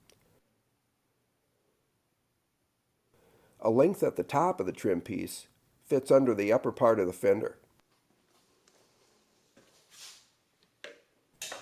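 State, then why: Seated. A plastic passenger-side hood hinge cover trim for a Honda Fit is fitted under the upper fender edge, into the fender and cowl, and pressed home. Someone talks from about 3.7 to 7.6 seconds, followed by quieter handling noises. Two sharp clicks at 10.8 and 11.4 seconds mark the cover snapping into place.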